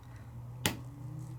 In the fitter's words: alignment tool and you can hear it clicked down